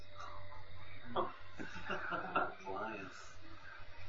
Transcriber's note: devotees laughing